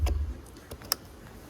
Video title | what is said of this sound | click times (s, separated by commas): How To Change Spark Plugs 2012-2016 3.6L Chevy Impala, 3.6L Lfx | Make sure it clicks and it's on there tight. | 0.9 s